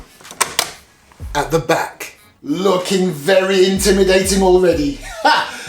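The spring-loaded bipod leg of a Snow Wolf SW-02A airsoft Barrett M82A1 is swung to the rear and locks into its rear locking notch on the bipod mount, just as it does in the forward position. Sharp clicks at 0.4 s and 0.6 s mark it seating, and then someone talks.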